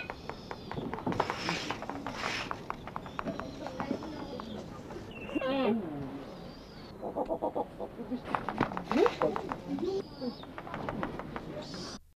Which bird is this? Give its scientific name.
Bubo scandiacus